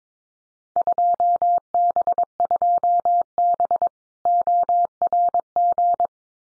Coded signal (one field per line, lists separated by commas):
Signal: Morse code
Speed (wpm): 22 wpm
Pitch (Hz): 700 Hz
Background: none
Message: 2B2B ORG